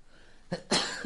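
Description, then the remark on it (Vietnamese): A single sharp sneeze that could no longer be held back, during a livestream reading: a short catch of breath, then a loud explosive burst of noise that trails off quickly, with no talking. “Có một quả không thể nén được nữa, lại phải hắt xì hơi phát.”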